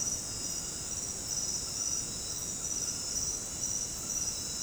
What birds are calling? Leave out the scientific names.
none